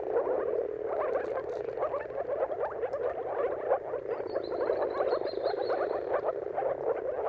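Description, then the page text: Moor frogs calling in a thick, steady chorus of short croaks, a drawn-out bird note sounding briefly midway. Mating chorus of moor frogs at sunrise, at the turn of March and April depending on weather. "Dawn’s Chorus: Mating Calls of Marsh Frogs at Sunrise. Depending on the weather at the turn of March and April, you can witness an amazing spectacle of moor frogs. Jakub Orzecki"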